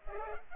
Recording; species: mosquito wingbeat signal from an infrared sensor; Culex pipiens